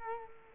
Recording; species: mosquito wingbeat signal from an infrared sensor; Culex quinquefasciatus